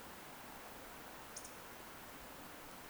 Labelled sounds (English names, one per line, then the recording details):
Eurasian Woodcock whistle
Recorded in Baden-Württemberg, Germany, on 10 June 2021 at 20:15 UTC
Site 43323, 910 m above sea level